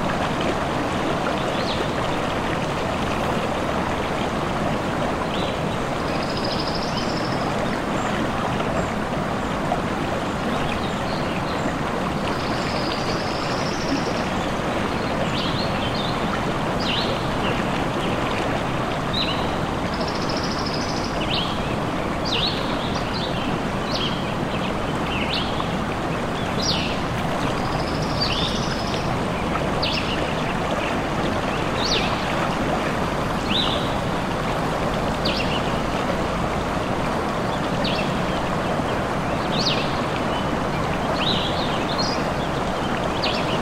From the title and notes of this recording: The calming sounds of a forest stream, flowing gently through the lush greenery of the forest. The gentle babbling of the stream.